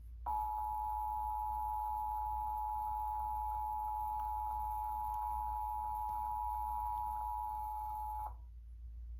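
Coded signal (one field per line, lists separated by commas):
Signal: Emergency Alert System (SAME) tones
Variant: 853 and 960 Hz attention tone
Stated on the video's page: Required monthly test in Pennsylvania aired on a FOX television station.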